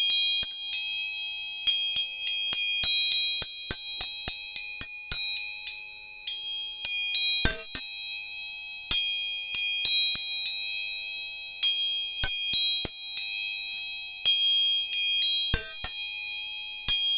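Tuning forks are struck again and again, each tap giving a sharp metallic click that rings into clear, high, pure tones. Several pitches overlap and hum steadily between strikes, which come every second or so in quick clusters.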